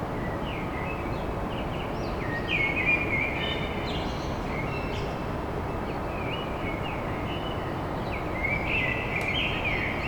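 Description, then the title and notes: Common blackbird song with several fluty phrases and scratchy high trailing notes, fairly continuous throughout, over a dense, constant noise of traffic. Song of a blackbird recorded at dawn in Paris. "Blackbird At Paris. chant de merle à l'aube dans Paris"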